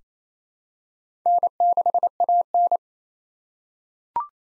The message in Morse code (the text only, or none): N6AN